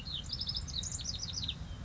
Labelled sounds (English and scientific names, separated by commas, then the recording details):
House Wren (Troglodytes aedon)
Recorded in Sonoma County, California